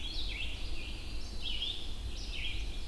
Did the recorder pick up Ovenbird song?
no